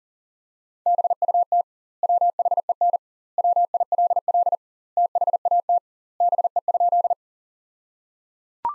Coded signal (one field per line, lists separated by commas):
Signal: Morse code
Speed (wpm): 37 wpm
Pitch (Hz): 700 Hz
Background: none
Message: BUT WHEN WILL THAT BE?